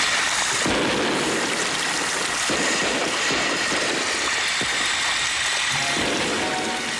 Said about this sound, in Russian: Взрываются салюты.